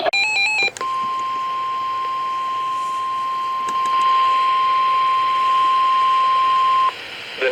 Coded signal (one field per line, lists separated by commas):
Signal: Emergency Alert System (SAME) tones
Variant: 1050 Hz attention tone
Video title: Things took a weird route here... // EAS Alerts from July 4th to 11th - EAS 228-256